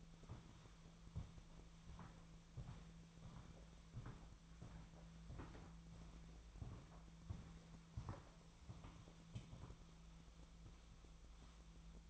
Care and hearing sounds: daily activity, microphone in the room; walk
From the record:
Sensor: 1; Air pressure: 1008.4 hPa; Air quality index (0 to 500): 190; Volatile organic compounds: 17 ppm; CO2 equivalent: 2574 ppm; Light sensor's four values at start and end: 18/46/19/22 and 15/40/16/18

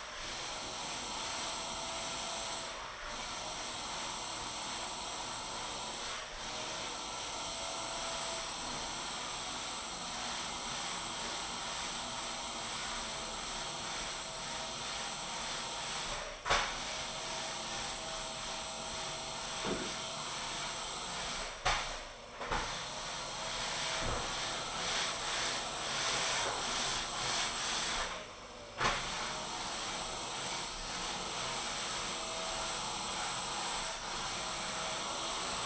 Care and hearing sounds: daily activity, microphone in the room; vacuum cleaning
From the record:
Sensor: 5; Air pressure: 994.5 hPa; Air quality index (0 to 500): 173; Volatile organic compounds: 667 ppm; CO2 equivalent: 5010 ppm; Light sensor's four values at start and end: 9/21/8/9 and 9/21/8/9

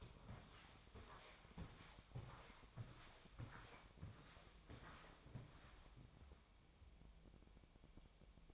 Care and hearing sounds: daily activity, microphone in the room; walk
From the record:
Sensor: 1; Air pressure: 1000.5 hPa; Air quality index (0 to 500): 169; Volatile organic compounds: 4 ppm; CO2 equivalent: 1570 ppm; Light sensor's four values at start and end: 14/34/14/16 and 15/36/15/17

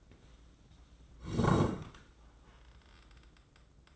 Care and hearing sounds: daily activity, microphone in the room; sit down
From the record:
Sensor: 3

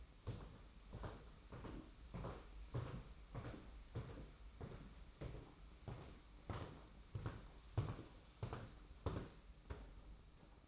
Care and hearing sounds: daily activity, microphone in the room; walk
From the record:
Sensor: 1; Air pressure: 991.6 hPa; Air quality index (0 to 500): 169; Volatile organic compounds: 1000 ppm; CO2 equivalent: 6355 ppm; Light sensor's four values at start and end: 30/102/39/40 and 29/100/38/39

